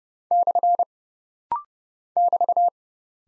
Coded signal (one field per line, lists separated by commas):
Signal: Morse code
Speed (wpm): 30 wpm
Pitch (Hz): 700 Hz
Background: none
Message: / <BT>